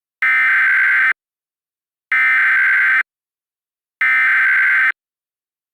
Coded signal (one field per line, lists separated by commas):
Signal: Emergency Alert System (SAME) tones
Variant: header bursts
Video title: The Freezing One: The Four Seasons (Part 2) - an EAS Scenario